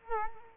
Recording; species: mosquito wingbeat signal from an infrared sensor; Culex quinquefasciatus